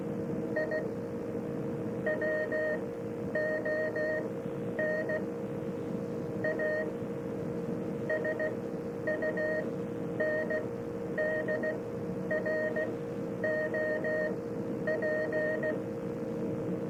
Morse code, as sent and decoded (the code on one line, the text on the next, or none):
.. / .-- --- -. / .- / ... ..- -. -.. .-. --- .--.
I WON A SUNDROP